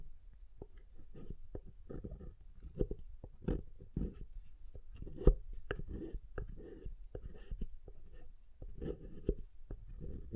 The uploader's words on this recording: ASMR SoftHard Soap Tapping and Carving (No Talking).